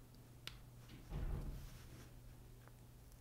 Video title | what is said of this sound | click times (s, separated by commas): How to install the Fridge-tag2 sensor in a refrigerator ? | be sure to listen for the click | 0.5 s